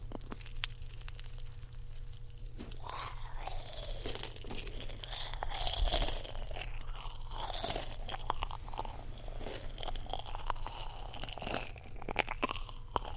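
Someone bites and chews a marshmallow with a peach jelly filling. It opens with a quiet stretch, then from about two and a half seconds come dense, crackly crunches and soft squishy chewing, fairly steady throughout. A low hum runs underneath the whole time.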